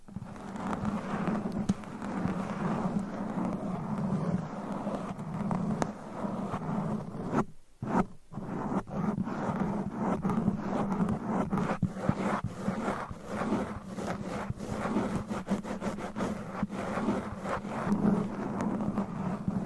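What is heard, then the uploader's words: Nails scratch continuously against a microphone, a dense raspy scraping with a steady low rumble, briefly stopping around the eight-second mark. ASMR Mic Scratching Brain Scratching with Different Nail Shapes Asmr No Talking.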